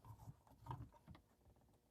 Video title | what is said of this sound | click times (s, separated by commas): Tesla Model X 2021: How to Run Front Dash Cam Wires Like a Pro | okay twist it out and it comes out from its locking okay | 0.7 s